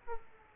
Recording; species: mosquito wingbeat signal from an infrared sensor; Aedes aegypti